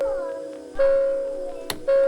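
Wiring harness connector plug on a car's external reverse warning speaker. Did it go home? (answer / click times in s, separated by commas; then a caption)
released / 1.7 s. A pick is hooked behind the small locking tab of the plastic wiring connector plug on the external reverse warning speaker of a 2023 Kia Sportage Hybrid, working in a tight space, and the tab is pulled out to free the plug so the reverse beep can be silenced. A steady tone around 550 Hz with overtones sounds throughout, restarting near 0.8 s and 1.9 s, and a sharp click at 1.7 s marks the latch releasing. The connector is released.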